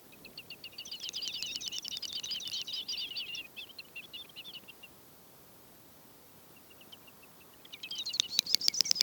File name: great snipe - gallinago media